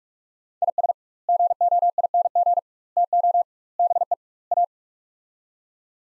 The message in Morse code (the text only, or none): IS GOING TO BE A